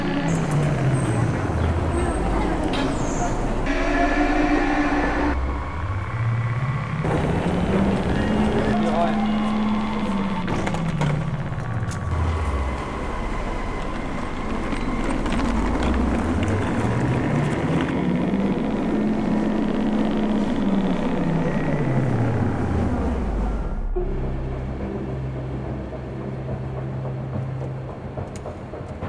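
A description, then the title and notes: A Berlin tram and U-Bahn ride with steady loud rumble, pitch rising and falling twice as the motor accelerates, and brief voices. From all of the sounds i could capture with my pocket recorder, here my experimental composition to my new home.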